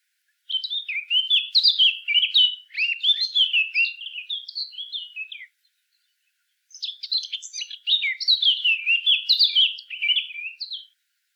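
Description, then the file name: Eurasian blackcap delivering two long song bouts of fast, chattering, varied warbling, separated by a short pause. "Sylvia atricapilla"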